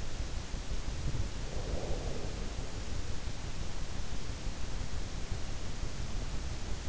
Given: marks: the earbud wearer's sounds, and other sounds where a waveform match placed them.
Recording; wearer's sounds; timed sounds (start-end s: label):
sounds in sleep by an in-ear microphone; breath
1.02-3.01 s: breath